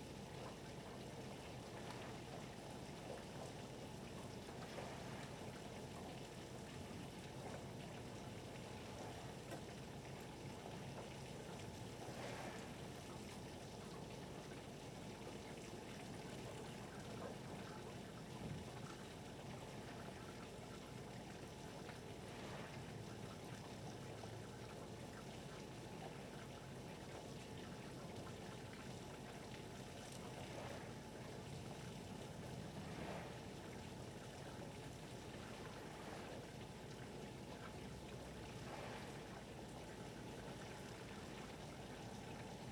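A steady, dense wash of rain and lapping harbor water runs throughout, with a low rumble underneath that could be ferry engines or thunder. Brief brighter splashes and clicks break through every few seconds, around 5, 12, 22, 30 and 39 seconds.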